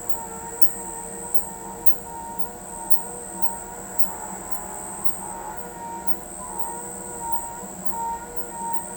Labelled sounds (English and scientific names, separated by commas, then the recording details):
none
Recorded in pastures near Pivijay, Magdalena, Colombia, on 15 April 2023 at 02:00
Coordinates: 10.456, -74.369
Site P6-G026